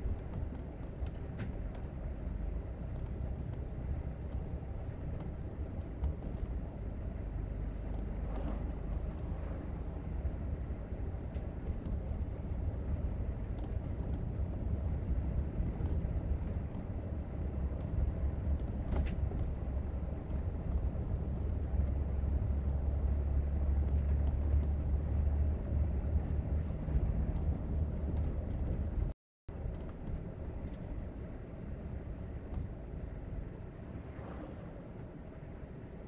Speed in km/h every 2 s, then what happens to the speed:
31, 34, 34, 34, 37, 40, 42, 45, 45, 47, 47, 48, 52, 48, 34, 24, 18, 8.
0-25 speeds up to 52. 25-36 brakes to 8.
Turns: none.